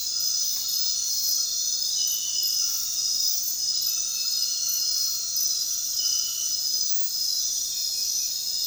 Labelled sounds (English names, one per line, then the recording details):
none
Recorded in dense forest near Puerto Asís, Putumayo, Colombia, on 19 February 2024 at 00:00
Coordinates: 0.466, -76.327
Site G6413